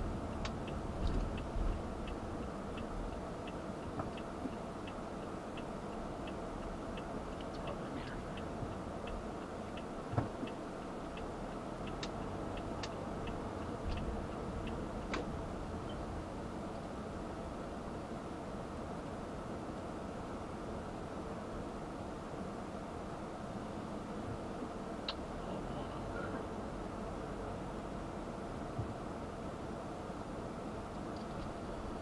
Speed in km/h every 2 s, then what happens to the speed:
19, 10, 6, 6, 6, 0, 10, 15, 13, 15, 10, 0, 6, 13, 15, 10.
0-9 slows to 0. 9-14 speeds up to 15. 14-19 steady at about 15. 19-22 brakes to 0. 22-27 pulls away to 15.